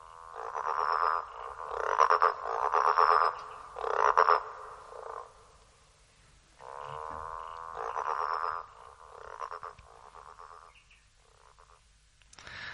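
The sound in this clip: Frog croaking in bursts of rasping rattles lasting a second or two, with short pauses and a quieter stretch midway through.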